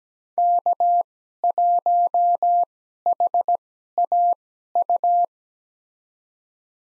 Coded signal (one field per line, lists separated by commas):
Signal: Morse code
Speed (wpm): 17 wpm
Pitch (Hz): 700 Hz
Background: none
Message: K1HAU